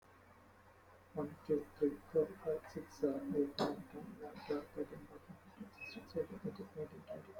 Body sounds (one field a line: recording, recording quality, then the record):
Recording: counting at a fast pace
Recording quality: excellent, no background noise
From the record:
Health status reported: healthy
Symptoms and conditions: hypertension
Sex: male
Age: 29 years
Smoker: not ticked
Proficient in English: yes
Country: India